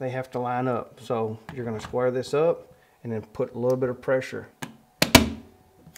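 A Honeywell Lyric T6 Pro plastic thermostat body is squared up so the pins on its back line up with the wall-mounted base plate. Someone talks, then it is pressed on. It snaps into place with sharp clicks at 5.0 s and 5.2 s, and the thermostat is seated on the base plate.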